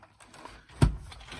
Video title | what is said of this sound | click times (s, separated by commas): DX Black Max Victory Robo and a brief history of Black Version Toys - CollectionDX | little holes here, and that'll lock into place. | 0.8 s